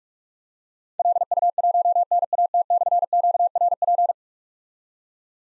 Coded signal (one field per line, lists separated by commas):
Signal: Morse code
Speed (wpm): 44 wpm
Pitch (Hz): 700 Hz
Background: none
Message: LU1NAT/QRP